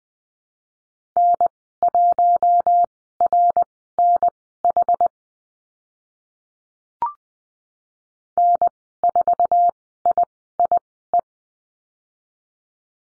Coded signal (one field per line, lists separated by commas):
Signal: Morse code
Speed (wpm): 20 wpm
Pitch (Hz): 700 Hz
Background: none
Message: N1RNH N4IIE